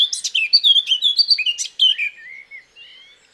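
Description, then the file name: Eurasian blackcap song: a rapid, loud, varied warble of high chirps and whistles that slows and fades into a few soft, drawn-out whistled notes. "Sylvia atricapilla"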